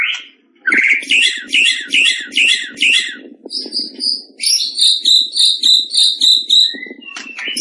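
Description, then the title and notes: White-rumped shama song: a series of repeated rich phrases, then a run of higher clear whistled notes. Actively singing (gacor); used for contest-winning birds. "Masteran Murai Yang Di Pakai Semua Burung Juara - Masteran murai Khusus Burung Juara. Murai Batu Gacor"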